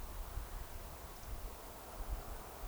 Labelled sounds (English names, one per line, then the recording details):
Eurasian Woodcock whistle
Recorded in Baden-Württemberg, Germany, on 29 June 2020 at 02:28 UTC
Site 43791, 788 m above sea level